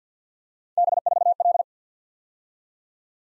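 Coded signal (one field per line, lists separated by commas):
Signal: Morse code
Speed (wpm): 52 wpm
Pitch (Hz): 700 Hz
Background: none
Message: B4L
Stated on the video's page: Morse practice at 50 wpm: random three-character letter-number groups sent twice for head-copy.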